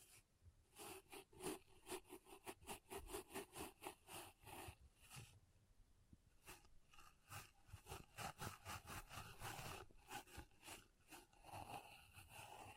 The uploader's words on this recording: ASMR Ultimate Pom Pom Tingles (No Talking).